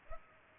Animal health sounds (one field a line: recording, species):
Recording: mosquito wingbeat signal from an infrared sensor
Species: Culex pipiens